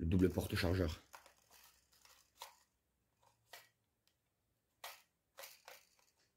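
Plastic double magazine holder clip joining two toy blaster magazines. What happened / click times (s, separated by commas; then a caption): The plastic holder halves snapped together / 4.8 s. Someone talks, then fits the two halves of a plastic double magazine holder together, joining two toy blaster magazines. Light handling rustles and taps lead up to a sharp click at 4.8 s as the holder seats and clips together, followed by a few softer taps.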